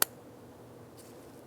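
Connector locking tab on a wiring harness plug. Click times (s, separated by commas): 0.0 s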